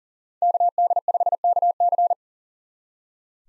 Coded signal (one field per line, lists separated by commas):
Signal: Morse code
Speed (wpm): 40 wpm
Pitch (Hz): 700 Hz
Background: none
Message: KD5KC